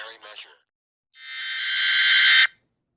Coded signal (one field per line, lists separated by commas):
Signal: Emergency Alert System (SAME) tones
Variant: header bursts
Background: speech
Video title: EAS Alert interruppts the Pixar Cars 2 Wii game in g major